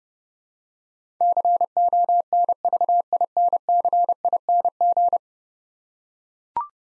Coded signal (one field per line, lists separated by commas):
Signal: Morse code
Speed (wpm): 30 wpm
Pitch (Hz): 700 Hz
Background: none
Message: CONVINCING